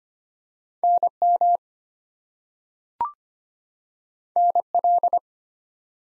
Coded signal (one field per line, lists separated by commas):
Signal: Morse code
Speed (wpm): 25 wpm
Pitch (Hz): 700 Hz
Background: none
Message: NM NL